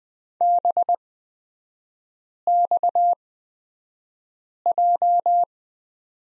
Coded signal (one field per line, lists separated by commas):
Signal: Morse code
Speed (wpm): 20 wpm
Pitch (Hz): 700 Hz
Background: none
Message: BXJ